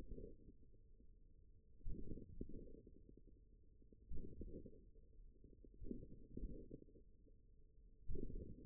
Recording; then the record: forearm muscle sounds (acoustic myography)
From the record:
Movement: tripod grip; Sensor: system 1, eight BSWA MPA416 microphones around the upper forearm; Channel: 3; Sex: male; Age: 41 years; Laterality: right